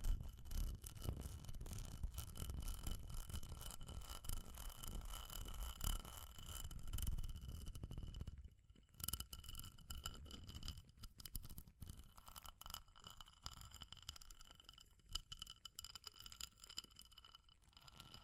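Fire crackles close by with a dense run of small snaps and pops over a deep, rumbling low end. Around the middle it thins out, leaving quieter, sparser crackles and light scratching taps, with a faint steady whine running throughout.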